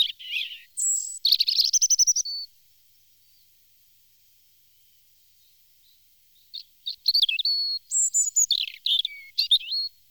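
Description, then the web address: European robin song in two bursts, rapid stuttering trills and sweet high whistles, with a long quiet pause between the phrases. "chants d'oiseaux Jean C Roche - Rouge-gorge"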